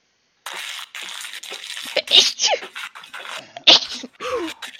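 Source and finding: Adult. Sneeze.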